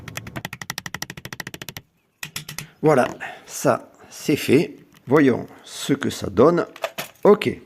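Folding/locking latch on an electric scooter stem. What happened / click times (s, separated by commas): Handled, not yet home: the latch has not locked / none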